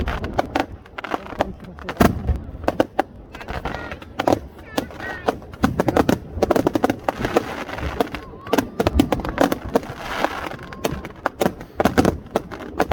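Fireworks crackle and pop without letup through the whole thirteen seconds, dense bursts of sharp snaps layered over a low rumble. Louder bangs punch through around two, six and twelve seconds, and faint rising whistles trail off near five and ten seconds.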